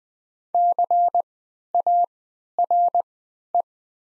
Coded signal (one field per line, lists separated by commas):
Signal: Morse code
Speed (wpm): 20 wpm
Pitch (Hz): 700 Hz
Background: none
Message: CARE